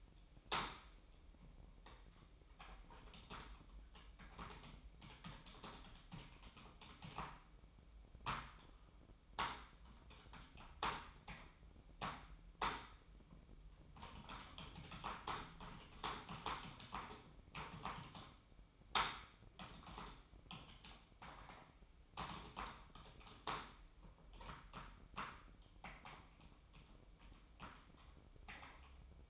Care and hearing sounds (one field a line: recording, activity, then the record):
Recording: daily activity, microphone in the room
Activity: typing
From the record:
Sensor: 1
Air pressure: 1007.6 hPa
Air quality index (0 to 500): 79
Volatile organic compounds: 1 ppm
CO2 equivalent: 685 ppm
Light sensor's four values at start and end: 12/28/11/13 and 11/27/11/13